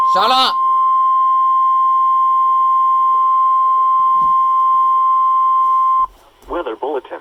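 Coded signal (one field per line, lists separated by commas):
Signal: Emergency Alert System (SAME) tones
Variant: 1050 Hz attention tone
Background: speech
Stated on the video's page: Severe Thunderstorm Warning from NWS Pittsburgh on NOAA Weather Radio WWF35.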